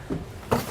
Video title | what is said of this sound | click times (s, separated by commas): etrailer - Redarc RedVision Total Vehicle Management System Installation - Enclosed Trailer | your cover is just going to click into place | 0.5 s